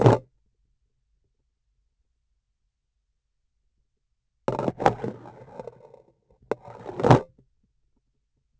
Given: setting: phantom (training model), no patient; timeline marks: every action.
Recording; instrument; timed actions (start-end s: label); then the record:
laparoscopic instrument, vibration sensor on the handle end; grasping forceps
0.00-0.33 s: removal through the trocar
4.42-6.19 s: insertion through the trocar
6.45-7.48 s: removal through the trocar
From the record:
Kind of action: spatial motion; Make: other than Olympus